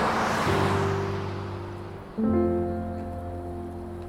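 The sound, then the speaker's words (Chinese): Road traffic in the evening rush hour, a car crawling with the jam toward Ledao Lane in the west of the city: a broad whoosh of a passing car fades out as two long, steady car horn blasts sound, the second starting abruptly and louder before slowly trailing off. “他就这样随着车流一路堵着，开到城西乐道巷去。”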